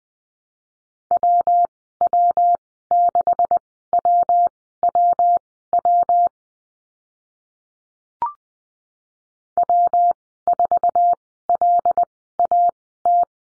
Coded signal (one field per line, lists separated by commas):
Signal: Morse code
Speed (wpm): 20 wpm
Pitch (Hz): 700 Hz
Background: none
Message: WW6WWW W4LAT